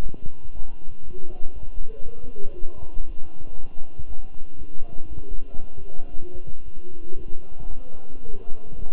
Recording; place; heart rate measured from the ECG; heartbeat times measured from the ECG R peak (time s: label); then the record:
heart sounds by stethoscope; between the tricuspid and mitral areas; 117 bpm
0.02 s: heartbeat
0.53 s: heartbeat
1.04 s: heartbeat
1.54 s: heartbeat
2.04 s: heartbeat
2.55 s: heartbeat
3.05 s: heartbeat
3.55 s: heartbeat
4.06 s: heartbeat
4.57 s: heartbeat
5.08 s: heartbeat
5.60 s: heartbeat
6.12 s: heartbeat
6.64 s: heartbeat
7.16 s: heartbeat
7.69 s: heartbeat
8.21 s: heartbeat
8.75 s: heartbeat
From the record:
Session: walking at 3.7 km/h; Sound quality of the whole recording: good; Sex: male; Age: 23 years